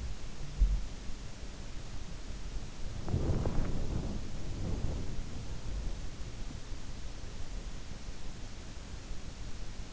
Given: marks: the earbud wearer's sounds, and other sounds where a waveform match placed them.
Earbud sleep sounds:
sounds in sleep by an in-ear microphone; body movement
0.00-7.48 s: body movement

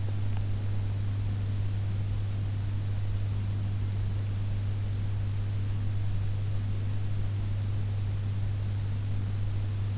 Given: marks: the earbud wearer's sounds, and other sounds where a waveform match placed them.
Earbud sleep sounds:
sounds in sleep by an in-ear microphone; teeth grinding
0.00-0.60 s: teeth grinding

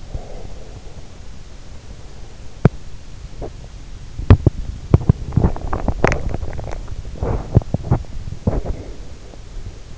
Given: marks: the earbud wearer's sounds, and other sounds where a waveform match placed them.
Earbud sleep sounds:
sounds in sleep by an in-ear microphone; breath, teeth grinding
0.00-1.26 s: breath
2.32-8.80 s: teeth grinding

